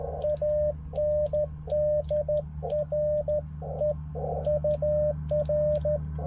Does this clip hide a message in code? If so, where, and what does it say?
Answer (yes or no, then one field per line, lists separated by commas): yes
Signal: Morse code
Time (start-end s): 0.2-6.0 s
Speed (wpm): 13 wpm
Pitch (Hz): 600 Hz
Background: radio noise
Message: ANDRE UR